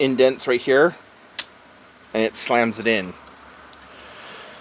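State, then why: Released. A plastic spring-loaded inserter of an insulin infusion port, pulled back until it clicks into place, fires with a single sharp snap at 1.4 s when its two side indents are squeezed, the spring releasing to drive the needle in. Someone talks before and after the snap.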